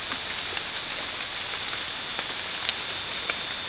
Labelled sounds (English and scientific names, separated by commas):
none